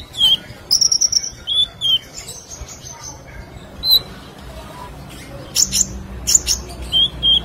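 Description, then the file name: Sunbird calling: scattered thin, high whistled notes, some slightly rising, separated by short pauses over a quiet background. "Kolibri Lebah"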